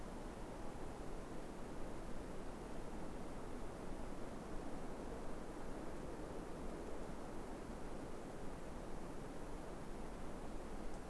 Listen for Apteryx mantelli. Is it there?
no